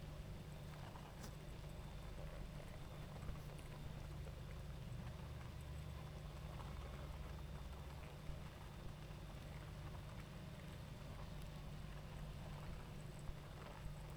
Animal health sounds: honeybee colony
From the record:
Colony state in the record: active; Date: 28 July 2017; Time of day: 19:37

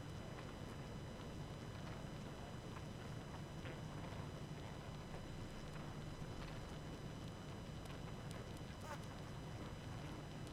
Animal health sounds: honeybee colony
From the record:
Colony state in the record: active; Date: 12 June 2018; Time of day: 22:54

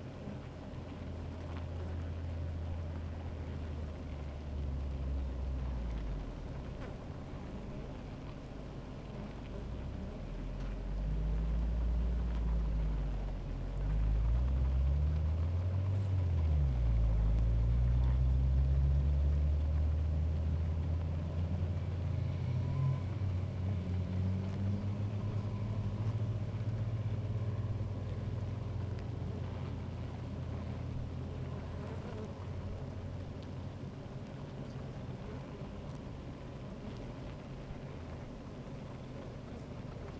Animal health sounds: honeybee colony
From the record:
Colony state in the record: active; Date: 28 July 2017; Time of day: 13:14

